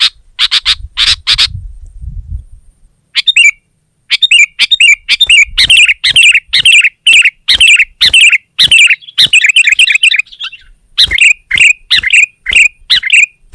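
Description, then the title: Sooty-headed bulbul: a brief burst of sharp notes, then short chirped phrases repeated about once a second in a series. "kutilang"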